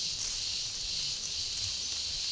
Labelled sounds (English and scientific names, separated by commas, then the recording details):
none
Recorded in dense forest near Puerto Asís, Putumayo, Colombia, on 21 February 2024 at 14:00
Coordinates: 0.503, -76.322
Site G6418